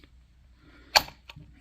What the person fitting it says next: clicks into place like so